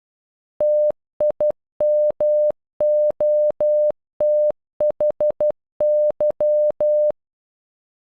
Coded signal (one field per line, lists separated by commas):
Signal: Morse code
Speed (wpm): 12 wpm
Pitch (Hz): 600 Hz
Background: none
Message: TIMOTHY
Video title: Timothy in Morse code